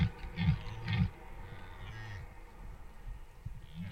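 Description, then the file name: Deer giving a few short low grunting calls in quick succession, then a fainter call, over background rumble. "ciervos"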